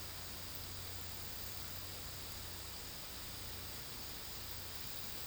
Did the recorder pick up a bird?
no